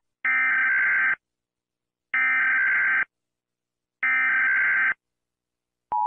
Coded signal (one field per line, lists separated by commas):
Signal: Emergency Alert System (SAME) tones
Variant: header bursts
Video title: Mr. Incredible Becoming Uncanny (EAS Alarms)